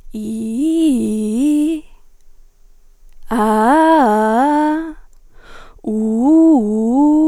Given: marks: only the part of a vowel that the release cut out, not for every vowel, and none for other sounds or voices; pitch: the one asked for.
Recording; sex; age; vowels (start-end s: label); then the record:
sustained vowels; female; 20 to 29 years
0.24-1.40 s: vowel /i/, low-high-low pitch
3.38-4.42 s: vowel /a/, low-high-low pitch
5.95-6.95 s: vowel /u/, low-high-low pitch
From the record:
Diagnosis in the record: singing voice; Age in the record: 23 years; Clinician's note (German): Ausgebildet, stroboskopisch ohne Befund, subj. "zu hohe mittlere Sprechstimmlage"